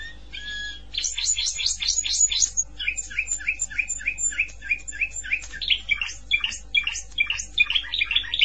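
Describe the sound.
Canary song opening with a short whistle, then a quick series of high sweeps and rolling repeated trill phrases, with a faint low hum beneath.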